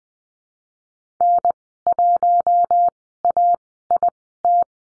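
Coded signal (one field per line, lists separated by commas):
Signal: Morse code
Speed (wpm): 20 wpm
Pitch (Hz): 700 Hz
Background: none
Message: N1AIT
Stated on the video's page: Morse code course lesson drill at Farnsworth spacing, 20 wpm characters at 10 wpm overall, practising numbers and call signs.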